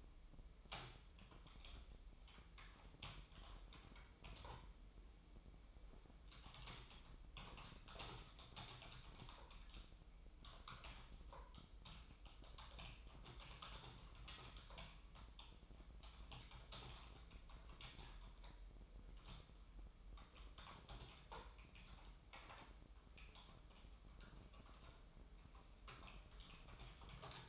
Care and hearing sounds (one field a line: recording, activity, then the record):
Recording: daily activity, microphone in the room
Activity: typing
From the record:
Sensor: 1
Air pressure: 988.8 hPa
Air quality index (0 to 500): 204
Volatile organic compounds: 1000 ppm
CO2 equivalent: 5430 ppm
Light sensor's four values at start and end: 25/93/35/37 and 25/93/35/36